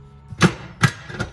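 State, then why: Seated. A metal pressure canner lid, with its arrows lined up with the arrow on the handle, is turned on the canner body until it locks. A dull knock at 0.4 s is followed by a sharp metallic snap at 0.8 s and a softer knock near 1.2 s. The lid locks into place at 0.8 s and is secure.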